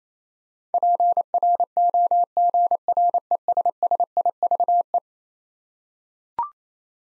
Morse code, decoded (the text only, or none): PROGRESSIVE